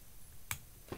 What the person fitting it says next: it clicks right in there it's really not going to go anywhere